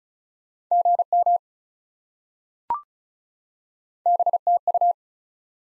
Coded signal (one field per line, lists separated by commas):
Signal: Morse code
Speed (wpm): 36 wpm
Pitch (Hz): 700 Hz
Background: none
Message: GM BTU